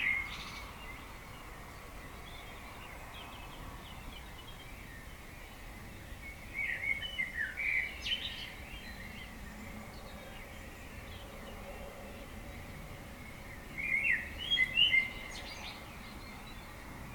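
Dawn chorus with a steady low hiss of background noise, broken by two short bursts of bright chirping birdsong around seven and fourteen seconds.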